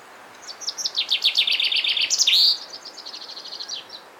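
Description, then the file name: Common chaffinch sings one loud phrase of descending trilled notes ending in a flourish, followed by a softer high series of repeated notes. "Fringilla coelebs"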